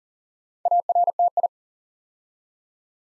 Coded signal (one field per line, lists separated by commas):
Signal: Morse code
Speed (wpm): 40 wpm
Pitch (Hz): 700 Hz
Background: none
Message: ARTI